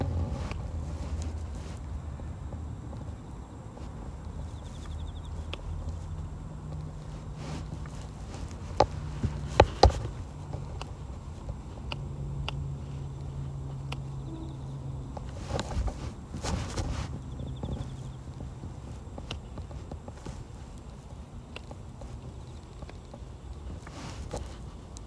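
Weeding a carrot patch at dusk, pulling grass by hand and snipping larger stalks with scissors. Soft rustles and scattered sharp clicks run throughout, bunching into louder bursts near ten and sixteen seconds, over a steady low rumble and a faint high whine.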